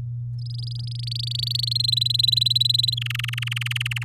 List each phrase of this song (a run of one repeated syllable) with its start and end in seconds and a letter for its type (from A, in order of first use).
0.39-1.73 A, 1.75-2.95 B, 2.97-4.04 C